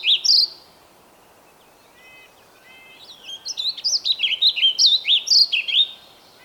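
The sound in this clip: Bird singing: a loud opening note, a few soft thin notes, then a lively run of high twittering whistles lasting about three seconds.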